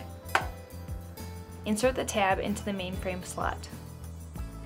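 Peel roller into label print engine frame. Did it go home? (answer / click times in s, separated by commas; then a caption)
yes / 0.3 s. A peel roller is pressed into the frame of a Zebra ZE500 label print engine until it snaps into its mount, giving a sharp, short click at 0.4 s over steady background music. Someone talks afterward, and the peel roller is seated.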